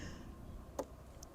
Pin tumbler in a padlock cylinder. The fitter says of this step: click on four